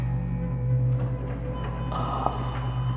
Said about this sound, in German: Die Waschküche war finster. Aber er konnte jetzt das Geräusch identifizieren. Es war eindeutig eine der riesenhaften Waschmaschinen.